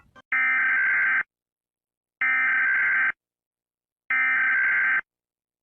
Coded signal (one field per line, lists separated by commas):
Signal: Emergency Alert System (SAME) tones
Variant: header bursts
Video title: Eas alarmas cuál es tu alarma favorita #countryballs